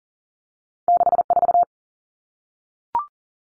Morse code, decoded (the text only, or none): 64